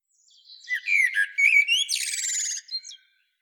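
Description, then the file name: Common blackbird giving one continuous phrase of warbled whistles that ends in a harsh, high, buzzy twitter. "Turdus merula"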